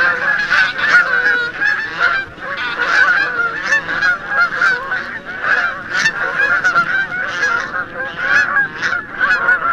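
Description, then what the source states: Canada Goose flight calls: many nasal honks from a flock, overlapping in a dense, pulsing chorus throughout. Several call types from a flying flock, recorded in West Rügen on Germany's Baltic coast.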